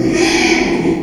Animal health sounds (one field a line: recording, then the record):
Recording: squeal of a Yucatan mini pig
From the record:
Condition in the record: after surgery on the right vocal fold (resection and tissue-engineered implant)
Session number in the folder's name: 2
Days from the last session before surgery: 13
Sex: male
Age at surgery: 12 weeks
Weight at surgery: 13 kg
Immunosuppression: cyclosporine, prednisolone